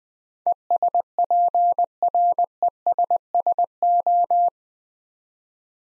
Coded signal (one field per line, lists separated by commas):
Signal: Morse code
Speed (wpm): 20 wpm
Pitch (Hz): 700 Hz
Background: none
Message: ESPRESSO